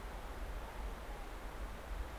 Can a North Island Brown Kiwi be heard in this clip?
no